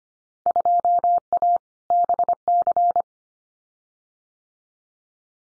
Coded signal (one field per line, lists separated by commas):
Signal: Morse code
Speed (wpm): 25 wpm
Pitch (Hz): 700 Hz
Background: none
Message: 2A BC